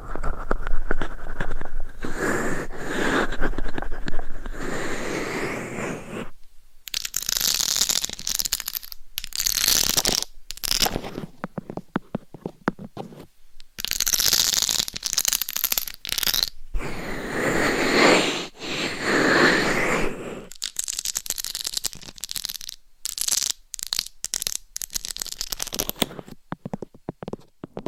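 Scratching and tapping in uneven bursts, dense rough rasping that comes and goes every few seconds with brief silent gaps around 6, 14 and 17 seconds. The scratches sound bright and hissy, and toward the end they break into shorter, choppier strokes and taps.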